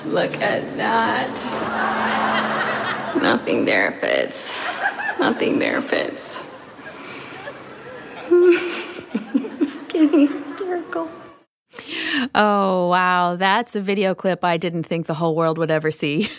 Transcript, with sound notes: Look at that! Nothing there fits, nothing there fits. (whimpering) I’m getting hysterical! Oh, that's a video I didn't think the whole world would ever see!